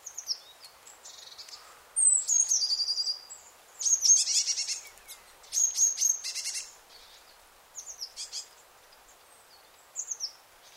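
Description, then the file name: Eurasian blue tit calls: high thin notes and three buzzy scolding bursts about two seconds apart, followed by fainter chips. "Cyanistes caeruleus"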